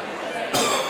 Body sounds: coughing mixed with background sound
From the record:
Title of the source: Mid-morning Winter Coughing Fit

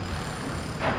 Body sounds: background sound without coughing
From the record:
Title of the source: 30 MINUTES Construction Site Ambience (CC BY 4.0)

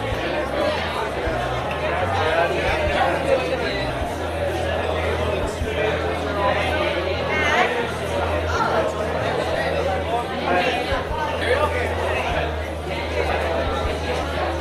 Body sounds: background sound without coughing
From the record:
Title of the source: CITY SOUNDS Busy Bar in the Evening Night - 2 HOURS of Ambiance for Relaxation

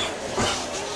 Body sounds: coughing mixed with background sound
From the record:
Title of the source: Spring Cold Coughing 2

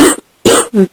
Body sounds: coughing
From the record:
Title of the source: 60 coughing still (deep and wet cough)

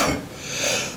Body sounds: coughing mixed with background sound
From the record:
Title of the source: Spring Cold Coughing 3

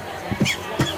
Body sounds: coughing mixed with background sound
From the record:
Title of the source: Dry Coughing Fit in the Afternoon.

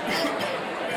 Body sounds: coughing mixed with background sound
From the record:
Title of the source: Man Coughing Sound - Wet Cough Sound Effect

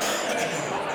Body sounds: coughing mixed with background sound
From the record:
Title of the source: Wet Throat Infection Cough

